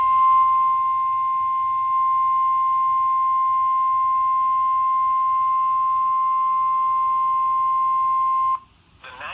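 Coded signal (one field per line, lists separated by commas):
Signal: Emergency Alert System (SAME) tones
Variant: 1050 Hz attention tone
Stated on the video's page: Real alerts from a severe weather outbreak in Ohio.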